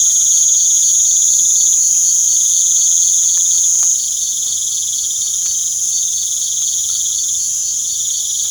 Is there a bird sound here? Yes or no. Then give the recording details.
no. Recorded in pastures near Puerto Asís, Putumayo, Colombia, on 24 June 2025 at 19:00. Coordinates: 0.497, -76.327. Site G040